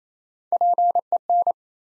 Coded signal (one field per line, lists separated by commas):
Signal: Morse code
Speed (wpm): 27 wpm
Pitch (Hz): 700 Hz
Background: none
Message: PEN